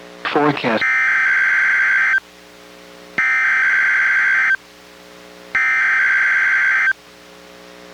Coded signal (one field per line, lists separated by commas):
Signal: Emergency Alert System (SAME) tones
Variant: header bursts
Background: speech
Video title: EAS #770: NWR Required Weekly Test- May 10, 2023- 11:00AM PDT